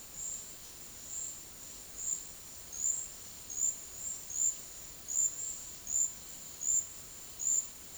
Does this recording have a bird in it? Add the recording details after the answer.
no. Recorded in dense forest near Puerto Asís, Putumayo, Colombia, on 20 February 2024 at 11:00. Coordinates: 0.485, -76.325. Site G6429